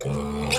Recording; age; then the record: pig call; weaner (32 to 43 days)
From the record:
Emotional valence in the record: negative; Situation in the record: short isolation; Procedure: open field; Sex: female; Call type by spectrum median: low-frequency call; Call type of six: mixed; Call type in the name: high-frequency modulated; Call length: 0.59 s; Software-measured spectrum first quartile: 310 Hz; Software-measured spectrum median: 1110 Hz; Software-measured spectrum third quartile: 3852 Hz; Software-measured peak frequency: 495 Hz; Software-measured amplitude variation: 75 dB a second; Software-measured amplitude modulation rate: 27.0 a second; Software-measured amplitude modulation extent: 2.8 dB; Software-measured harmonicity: 1.1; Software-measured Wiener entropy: -3.05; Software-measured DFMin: 1074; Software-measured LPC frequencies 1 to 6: 466, 2487, 3626, 4502, 5143, 6853 Hz